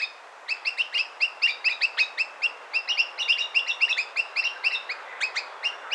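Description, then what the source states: Graceful honeyeater calling in rapid, chirpy bursts of sharp high notes, repeated almost continuously over a faint background hiss. Recorded in Papua New Guinea.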